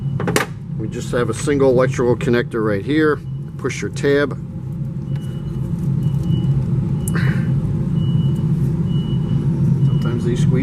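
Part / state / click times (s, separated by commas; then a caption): wiring harness connector unplugged from the AC compressor / released / 7.1 s. Someone talks while pressing the stiff locking tab on the single plastic electrical connector of the AC compressor on a Land Rover Discovery Series II with a BOSCH engine, unplugging the wiring harness to remove the compressor during head gasket work. Over a steady low hum, the connector releases with a short, sharp click at 7.1 s, and the harness is unplugged.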